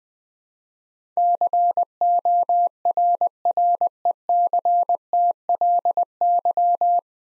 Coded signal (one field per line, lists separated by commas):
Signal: Morse code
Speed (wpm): 21 wpm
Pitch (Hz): 700 Hz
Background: none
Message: CORRECTLY